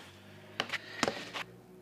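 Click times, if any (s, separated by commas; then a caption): 1.0 s. A Dell XPS 10 tablet is hooked onto its keyboard dock and pushed down onto the connector port, which takes a fairly good push. Sharp taps land at about 0.6 s and 1.8 s over a low steady hum, and the tablet clicks into the dock at 1.0 s, seating it.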